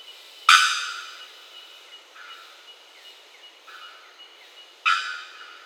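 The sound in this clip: Bellbird calls: two loud, abrupt, metallic clanging notes several seconds apart, each with a ringing tail, and faint softer notes between them.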